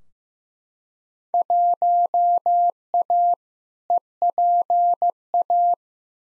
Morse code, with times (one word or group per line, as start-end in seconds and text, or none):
1.3-3.3 1A
3.9-5.7 EPA